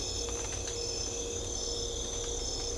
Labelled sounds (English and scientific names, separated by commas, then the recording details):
none
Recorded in secondary vegetation near Puerto Asís, Putumayo, Colombia, on 21 December 2024 at 03:30
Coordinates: 0.500, -76.326
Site G065